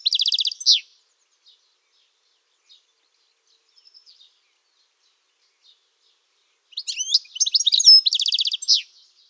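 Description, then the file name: European goldfinch song: bursts of rapid tinkling, twittering notes with buzzy trills, a short phrase at the start and a longer one near the end, quiet pauses between. "szczygiel"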